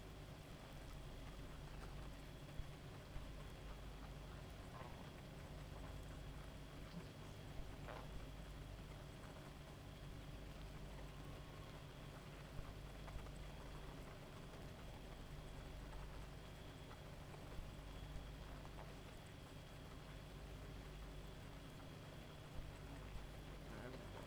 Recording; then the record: honeybee colony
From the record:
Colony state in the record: active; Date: 28 July 2017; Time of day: 1:35